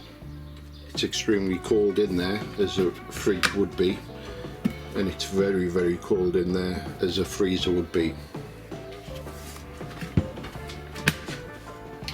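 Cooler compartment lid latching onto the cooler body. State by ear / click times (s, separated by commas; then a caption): seated / 11.1 s. Over background music, someone talks about an Outdoor Revolution Eco Deep Extreme Compressor Cooler 45L. The lid of its cooler/freezer compartment is closed onto the cooler body. The latch clicks home with a sharp, short click at 11.1 seconds, and the lid is seated shut.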